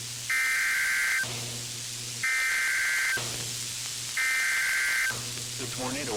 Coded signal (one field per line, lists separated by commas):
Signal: Emergency Alert System (SAME) tones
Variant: header bursts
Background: speech